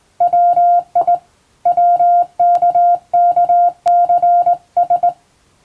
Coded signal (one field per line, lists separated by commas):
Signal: Morse code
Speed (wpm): 19 wpm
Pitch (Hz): 700 Hz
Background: none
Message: WI WKKCS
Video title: 【morse code practice】This is practice video for radio operator license. In japan, R/O needs 16wpm.